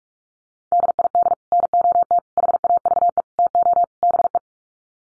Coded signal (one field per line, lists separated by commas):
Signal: Morse code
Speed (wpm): 44 wpm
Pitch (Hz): 700 Hz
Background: none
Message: DID NOT HAVE TO BE